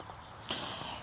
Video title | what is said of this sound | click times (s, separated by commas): Elddis Autoquest Signature Hires Handover Video | I use two hands cuz it can be and then a short lift and a click in there | 0.5 s